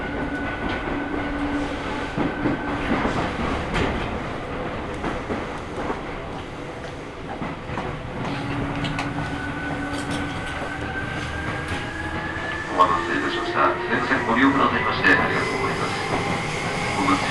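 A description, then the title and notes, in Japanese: A Seibu Railway train rolls along with a steady rumble and clatter, tonal motor whines rising and shifting, louder bumps near the end. 耳で楽しむ鉄道旅 西武鉄道 本川越→東村山→小川→萩山→青梅街道。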